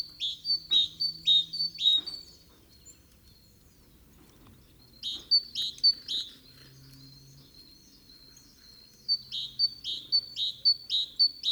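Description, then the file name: Great tit song in three bursts of rapid, ringing two-note phrases, with quiet gaps of low droning between them. "Parus major"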